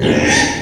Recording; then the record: squeal of a Yucatan mini pig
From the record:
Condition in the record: before surgery on the right vocal fold (resection and tissue-engineered implant); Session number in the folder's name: 2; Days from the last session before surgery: 0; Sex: male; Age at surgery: 12 weeks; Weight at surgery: 13 kg